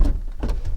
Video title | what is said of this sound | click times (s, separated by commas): The Bongo gets a TV installed! | there's the click | 0.4 s